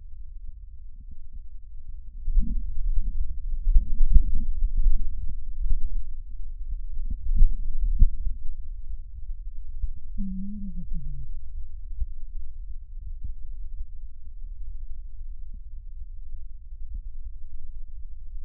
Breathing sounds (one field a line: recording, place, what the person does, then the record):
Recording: lung sounds by stethoscope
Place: right posterior basal chest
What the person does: quiet breathing, then cough and speech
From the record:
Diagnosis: asthma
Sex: female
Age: 65 years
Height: 157 cm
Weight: 70.2 kg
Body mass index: 28.5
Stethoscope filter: bell mode